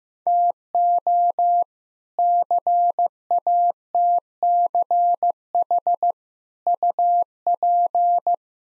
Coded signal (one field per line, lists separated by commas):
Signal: Morse code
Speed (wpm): 15 wpm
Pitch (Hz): 700 Hz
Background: none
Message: TO CATCH UP